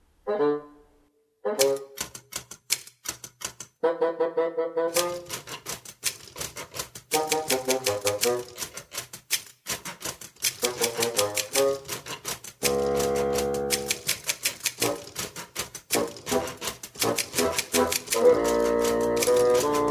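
Rapid, crisp typewriter keystrokes clatter in busy bursts against a reedy bassoon playing sustained and bouncing low notes, the two trading phrases in a lively instrumental piece.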